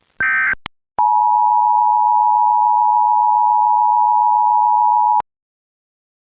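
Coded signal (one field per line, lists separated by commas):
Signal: Emergency Alert System (SAME) tones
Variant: 853 and 960 Hz attention tone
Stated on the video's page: Fictional EAS scenario; tones deliberately invalid, out of sequence, frequency and duration of real SAME tones.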